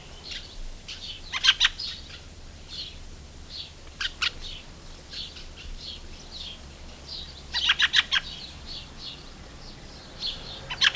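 Fieldfare giving several dense bursts of harsh chattering and squeaky notes, with quieter twittering between.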